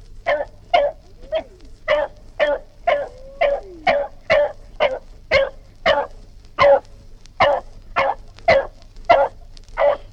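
Dog barking in a steady series of many sharp, mid-pitched barks, each short and harmonically rich, with a faint low hum beneath.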